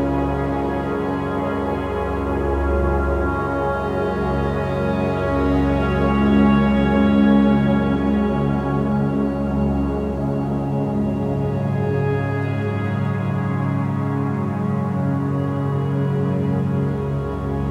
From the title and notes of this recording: As the record spins slowly, it opens a doorway to a soft and nostalgic standup piano.